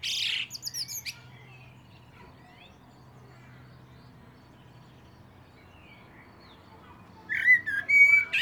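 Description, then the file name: Common blackbird song heard in two brief bursts, at the start and the end, mixing fluty notes with harsh, high twittering, with quiet between. "Turdus merula"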